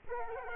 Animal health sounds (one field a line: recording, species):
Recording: mosquito wingbeat signal from an infrared sensor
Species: Culex quinquefasciatus